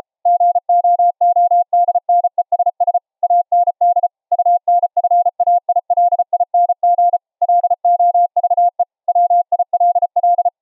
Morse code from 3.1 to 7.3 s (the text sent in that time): AND UNFAILING